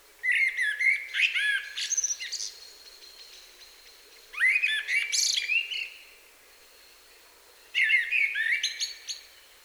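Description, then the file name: Common blackbird song: three mellow, fluting phrases mixed with high, scratchy twittering, separated by pauses of roughly one to two seconds. "Turdus merula"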